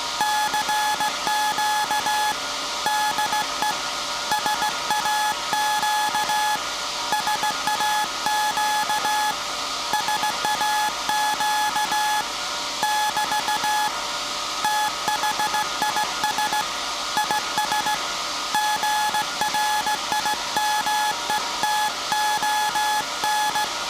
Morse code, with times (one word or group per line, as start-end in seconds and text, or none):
0.2-2.3 CQ
2.9-3.7 DE
4.3-6.6 SAQ
7.1-9.3 SAQ
9.9-12.2 SAQ
12.8-13.9 <BT>
14.6-16.6 THIS
17.2-17.9 IS
18.5-23.6 GRIMETON